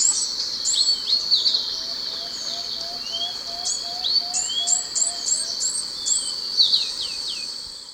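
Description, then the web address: Orange-eared tanager calls: high, thin notes, some bending downward, given in quick irregular series against constant insect buzzing. Recorded in Ecuador. "Birds of Ecuador. Orange-eared Tanager"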